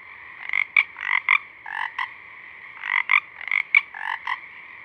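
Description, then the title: Pacific chorus frogs calling rapidly, overlapping two-note ribbits in quick succession above a steady chorus drone. A few Pacific chorus frogs singing at dusk, recorded through a parabolic reflector. "Pacific Chorus Frogs (Pseudacris regilla), dusk, Parabolic"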